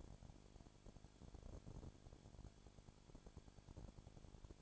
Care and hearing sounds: daily activity, microphone in the room; no activity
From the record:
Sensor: 5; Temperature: 20.2 degrees Celsius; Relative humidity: 36.5%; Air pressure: 1001.2 hPa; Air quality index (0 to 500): 177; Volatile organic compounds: 4 ppm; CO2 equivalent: 1609 ppm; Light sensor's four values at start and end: 2/3/1/1 and 2/3/1/1

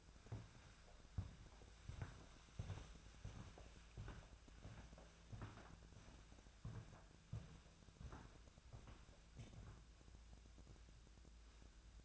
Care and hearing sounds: daily activity, microphone in the room; walk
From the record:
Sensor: 2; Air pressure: 1008.2 hPa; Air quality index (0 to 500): 179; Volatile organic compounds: 10 ppm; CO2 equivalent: 2206 ppm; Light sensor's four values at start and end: 14/34/14/15 and 14/34/14/15

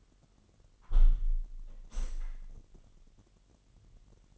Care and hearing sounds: daily activity, microphone in the room; close window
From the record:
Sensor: 4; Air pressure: 998.8 hPa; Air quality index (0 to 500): 115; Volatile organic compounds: 2 ppm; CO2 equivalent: 1131 ppm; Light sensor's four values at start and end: 10/24/9/10 and 10/24/9/10

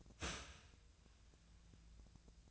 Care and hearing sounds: daily activity, microphone in the room; start toaster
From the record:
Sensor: 2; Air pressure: 1009.2 hPa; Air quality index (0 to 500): 187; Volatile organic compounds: 11 ppm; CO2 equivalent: 2320 ppm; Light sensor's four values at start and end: 23/58/24/27 and 23/58/24/27

